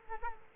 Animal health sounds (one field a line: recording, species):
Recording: mosquito wingbeat signal from an infrared sensor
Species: Culex quinquefasciatus